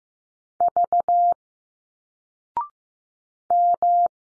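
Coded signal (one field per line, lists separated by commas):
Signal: Morse code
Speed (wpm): 15 wpm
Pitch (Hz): 700 Hz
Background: none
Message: V M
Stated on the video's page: Morse drill of single letters at 15wpm, each sent, spoken after a 0.6-second pause, then sent again.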